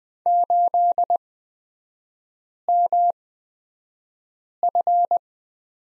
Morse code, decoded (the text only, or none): 8MF